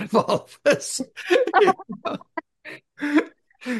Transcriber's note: laughs